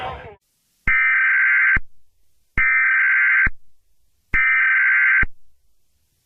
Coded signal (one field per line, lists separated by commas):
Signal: Emergency Alert System (SAME) tones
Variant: header bursts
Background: speech